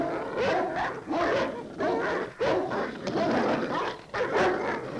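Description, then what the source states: Dogs growling and snarling in rough, rasping bursts, with some higher whining tones. Dogs fighting.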